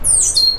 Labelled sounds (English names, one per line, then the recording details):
Stitchbird song
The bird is a male
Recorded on Tiritiri Matangi Island, New Zealand, in 2005
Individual 12, of nest box 16